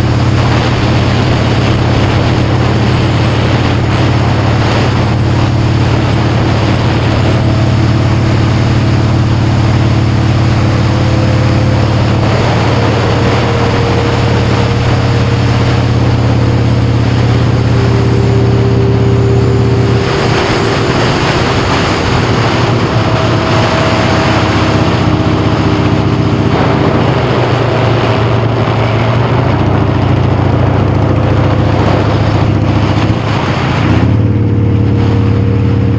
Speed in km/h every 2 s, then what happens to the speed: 74, 72, 77, 71, 69, 71, 71, 69, 66, 66, 61, 53, 50, 40, 35, 39, 40, 35.
0-19 steady at about 71. 19-21 brakes to 53. 24-28 brakes to 35. 28-36 steady at about 35.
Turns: 25-34.